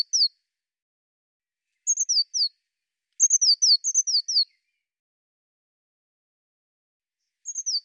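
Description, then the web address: Bird producing irregular groups of high, falling chirps, short groups and a longer run, with long silences between. "cianscape birddata Deverinetal 2025 File cleaned normalized Bird Cy Ca"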